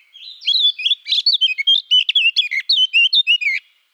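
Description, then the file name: Eurasian blackcap song: a rapid warbling run of varied whistled and chattering notes, lasting about three seconds. "Sylvia atricapilla"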